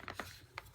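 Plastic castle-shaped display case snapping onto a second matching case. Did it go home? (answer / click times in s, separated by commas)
no / none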